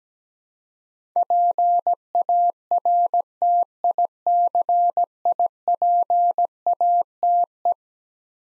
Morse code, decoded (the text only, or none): PARTICIPATE